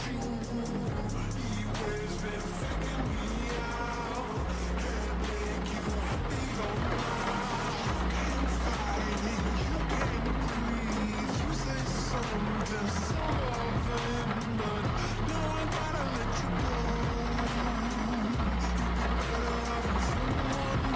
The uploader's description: You are in a car, in the rain.